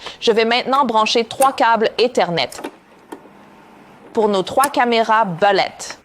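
Someone talks while handling three plastic RJ45 Ethernet plugs for three cameras, which are about to be pushed one after another into the ports of an outdoor waterproof PoE switch. A single short tick comes at about 3.1 s in a pause between the talking. Nothing has seated or clicked into place yet.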